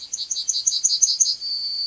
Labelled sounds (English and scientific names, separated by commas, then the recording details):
Yellowhammer (Emberiza citrinella) song
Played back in forest
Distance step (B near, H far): C
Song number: 135